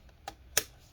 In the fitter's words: there we go I did have to kind of like twist it a little like that so pushed with my thumb and pulled up with my index finger and it clicked in